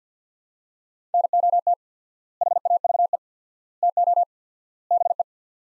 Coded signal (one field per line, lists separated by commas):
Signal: Morse code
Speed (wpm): 50 wpm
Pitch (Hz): 700 Hz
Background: none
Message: NOT HAVE TO BE